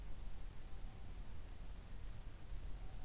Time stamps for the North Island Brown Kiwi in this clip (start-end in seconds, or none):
none